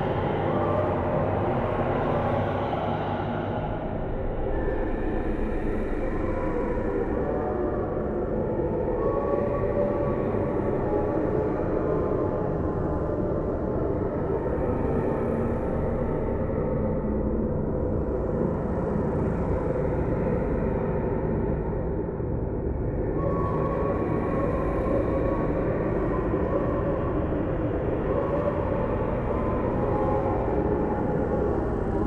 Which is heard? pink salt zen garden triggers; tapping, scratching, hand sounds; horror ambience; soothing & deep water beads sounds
horror ambience